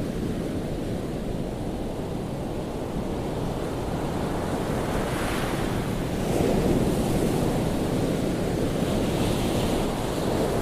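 Ocean waves make a dense, steady wash of low rumbling surf with a softer hiss above. A broad swell rises around the middle and stays slightly louder to the end. Wind buffets the microphone throughout, adding a muffled roar.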